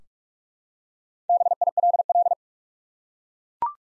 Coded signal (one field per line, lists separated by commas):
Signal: Morse code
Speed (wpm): 42 wpm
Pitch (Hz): 700 Hz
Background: none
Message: BILL